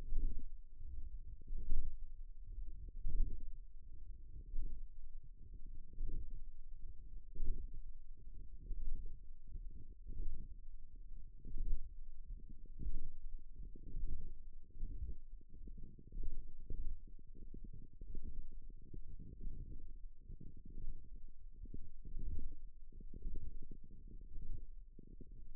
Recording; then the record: forearm muscle sounds (acoustic myography)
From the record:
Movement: radial deviation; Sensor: system 1, eight BSWA MPA416 microphones around the upper forearm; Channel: 8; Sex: female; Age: 20 years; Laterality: right